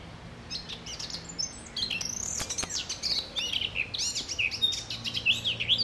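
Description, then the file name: Eurasian blackcap singing: a quiet scratchy start, then a brighter tumbling warble of quick slurred whistles that grows louder toward the end, with faint low hum beneath. "Sylvia atricapilla"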